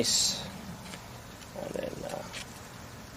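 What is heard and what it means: A plastic rod clip is handled at the door lock mechanism during a driver's door lock replacement on a 2013 Mazda6, with someone talking throughout. Brief handling taps are heard around 0.9 s and 1.8 s. The clip has not snapped in place yet, and nothing has seated.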